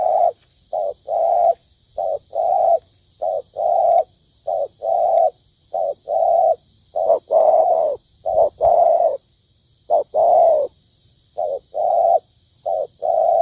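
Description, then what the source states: Spotted dove repeating gentle, hollow coos steadily, short and longer notes alternating in a fairly regular rhythm through the whole stretch. Cooing (Vietnamese: gáy).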